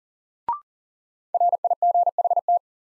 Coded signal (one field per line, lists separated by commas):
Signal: Morse code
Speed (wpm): 38 wpm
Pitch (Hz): 700 Hz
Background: none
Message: RIGHT